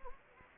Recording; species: mosquito wingbeat signal from an infrared sensor; Anopheles gambiae